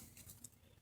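The next clip of a plastic cover is pressed down onto the faceplate of a Pioneer P99RS car stereo during a repair of the motorized faceplate for a display that is not working. Quiet rustling and handling sounds lead to a short, sharp snap at 0.5 s as the clip seats. It makes the same type of snap as the ones before.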